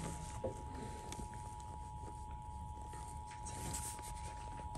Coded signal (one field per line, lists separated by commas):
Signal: Emergency Alert System (SAME) tones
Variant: 853 and 960 Hz attention tone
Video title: SLO RMT (3/2/23) (EAS #839-840)